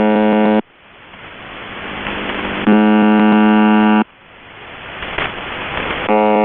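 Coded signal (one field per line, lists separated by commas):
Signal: channel marker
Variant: UVB-76 (The Buzzer)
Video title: The Buzzer (4625khz) - Live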